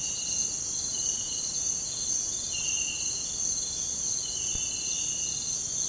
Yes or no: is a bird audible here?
no